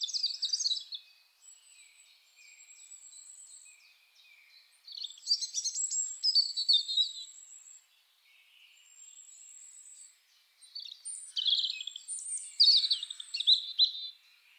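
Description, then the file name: European robin singing high, thin, varied phrases of trills and sustained whistled notes, bursts near the start, middle and end, with quieter warbling between. "Erithacus rubecula"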